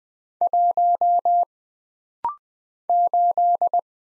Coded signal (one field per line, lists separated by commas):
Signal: Morse code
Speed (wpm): 20 wpm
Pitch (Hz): 700 Hz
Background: none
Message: 1 8